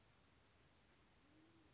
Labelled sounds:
Band-tailed Pigeon
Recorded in Sonoma County, California

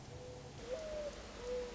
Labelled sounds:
Mourning Dove
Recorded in Sonoma County, California

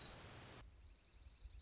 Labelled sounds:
Dark-eyed Junco
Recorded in Sonoma County, California

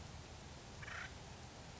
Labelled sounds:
Acorn Woodpecker
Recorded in Sonoma County, California

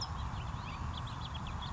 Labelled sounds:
California Towhee
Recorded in Sonoma County, California

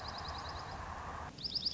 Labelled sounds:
Dark-eyed Junco
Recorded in Sonoma County, California

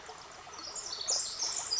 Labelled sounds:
Pacific Wren
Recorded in Sonoma County, California

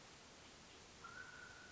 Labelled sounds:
Mountain Quail
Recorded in Sonoma County, California

